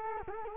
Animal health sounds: mosquito wingbeat signal from an infrared sensor; Culex quinquefasciatus

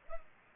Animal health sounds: mosquito wingbeat signal from an infrared sensor; Culex pipiens

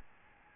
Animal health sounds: mosquito wingbeat signal from an infrared sensor; Aedes albopictus

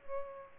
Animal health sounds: mosquito wingbeat signal from an infrared sensor; Culex pipiens

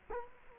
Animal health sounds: mosquito wingbeat signal from an infrared sensor; Culex quinquefasciatus

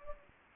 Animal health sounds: mosquito wingbeat signal from an infrared sensor; Anopheles gambiae

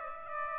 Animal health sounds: mosquito wingbeat signal from an infrared sensor; Aedes aegypti

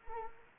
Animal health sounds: mosquito wingbeat signal from an infrared sensor; Anopheles arabiensis

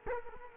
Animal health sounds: mosquito wingbeat signal from an infrared sensor; Culex quinquefasciatus

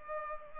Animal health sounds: mosquito wingbeat signal from an infrared sensor; Culex pipiens

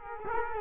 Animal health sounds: mosquito wingbeat signal from an infrared sensor; Culex quinquefasciatus

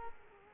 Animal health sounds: mosquito wingbeat signal from an infrared sensor; Culex quinquefasciatus

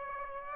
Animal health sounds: mosquito wingbeat signal from an infrared sensor; Aedes aegypti

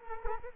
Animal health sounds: mosquito wingbeat signal from an infrared sensor; Culex quinquefasciatus

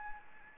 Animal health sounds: mosquito wingbeat signal from an infrared sensor; Anopheles gambiae

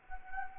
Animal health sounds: mosquito wingbeat signal from an infrared sensor; Anopheles gambiae

